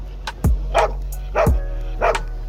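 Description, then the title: Siberian Husky puppy barking: a few short, sharp yaps over a steady low hum. Young Husky puppy during a dog photography session with its owner. "Baby Husky photography behind the scenes"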